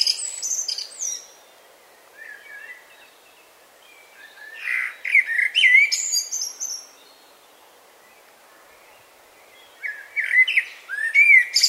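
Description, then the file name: Common blackbird singing in three separate bursts of mellow fluted notes and thin high squeaky flourishes, with quiet gaps of a few seconds between them. "Turdus merula"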